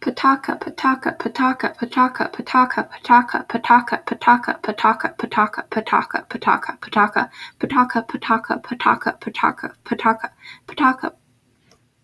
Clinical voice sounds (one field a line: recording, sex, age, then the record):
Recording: repeated syllables /pa ta ka/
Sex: female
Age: 20 to 29 years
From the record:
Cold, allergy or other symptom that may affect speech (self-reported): no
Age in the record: 21 years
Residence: North Carolina, United States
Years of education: 15